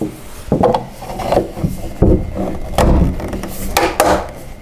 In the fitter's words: you hear both of them snap into place.